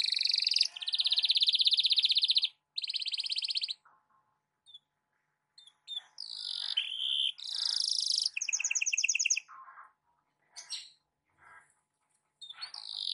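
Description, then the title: Canary song of loud buzzy rolls and fast trills in bursts, separated by quieter gaps with scattered soft notes. Canary song in the morning, played to warm up Belgian canaries and suited as masteran (song tutoring for other birds). "Canto Para Esquentar Canário Belga. SUARA BURUNG KENARI DI PAGI HARI COCOK BUAT MASTERAN"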